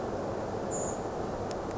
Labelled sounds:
Redwing
unidentified sound
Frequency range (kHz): Redwing 6.4-7.9 kHz
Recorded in France

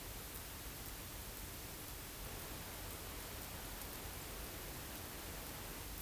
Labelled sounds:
unidentified sound
Song Thrush
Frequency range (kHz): Song Thrush 6.7-8.1 kHz
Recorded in France

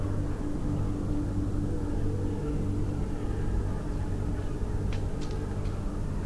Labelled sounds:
none
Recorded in France

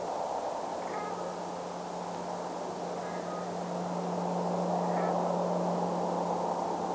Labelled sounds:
Brent Goose
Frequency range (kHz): Brent Goose 0.8-2.6 kHz
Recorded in France

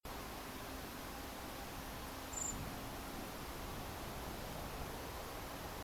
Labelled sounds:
Common Blackbird
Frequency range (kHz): Common Blackbird 6.9-8.2 kHz
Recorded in France

